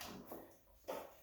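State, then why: Not seated. Someone handles the rear wheel clamp lever on the frame of a Honda Motocompacto electric scooter, working the tight locking part after refitting the rear wheel. A short knock at the very start gives way to dull rubbing and shifting noises, with a louder bump near 0.9 s. Nothing has seated or clicked yet.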